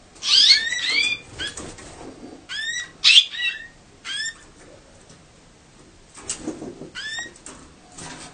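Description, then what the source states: Canary calls: short bright chirps sweeping downward, given in small bursts separated by quiet gaps. Female canary.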